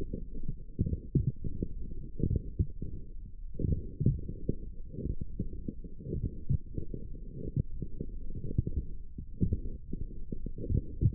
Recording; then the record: forearm muscle sounds (acoustic myography)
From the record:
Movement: forearm supination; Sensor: system 1, eight BSWA MPA416 microphones around the upper forearm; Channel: 3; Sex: male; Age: 21 years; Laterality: right